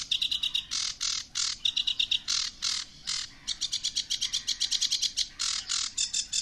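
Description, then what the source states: Bird song: rapid, high chirps alternate with fast, even trills of repeated notes. Bursts are separated by short silences. Twittering.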